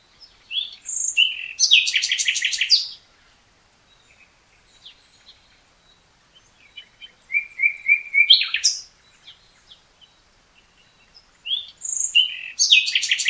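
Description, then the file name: Common nightingale song in three loud bursts of rapid repeated notes, whistles and rattling trills, separated by quiet pauses with soft scattered notes. "Luscinia megarhynchos"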